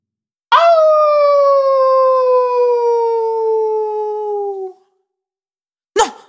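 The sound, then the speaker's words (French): A lone wolf howls in one long, steady, loud note that slowly sinks in pitch before fading out; after a short silence, a brief second cry begins just as it ends. “Souviens-toi, les loups ne sont pas méchants!”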